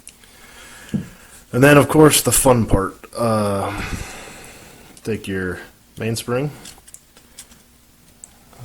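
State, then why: Not seated. During reassembly of a CZ 2075 RAMI pistol, the metal mainspring is picked up and positioned for fitting into the pistol frame while someone talks. Light handling ticks and taps follow the speech toward the end of the clip. The mainspring has not seated or clicked yet.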